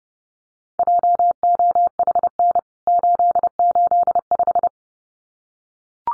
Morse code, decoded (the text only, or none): JOHN 885